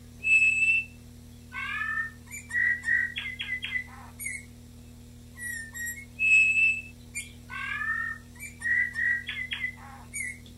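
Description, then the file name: Eurasian bullfinch singing a phrase of plaintive whistles and creaky, wavering notes. The phrase repeats after about six seconds, with a constant low drone underneath. Male of the nominate subspecies Pyrrhula pyrrhula pyrrhula, recorded on 19 April 1994. "Male Pyrrhula pyrrhula pyrrhula 19 04 94"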